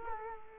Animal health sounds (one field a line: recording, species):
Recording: mosquito wingbeat signal from an infrared sensor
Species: Culex quinquefasciatus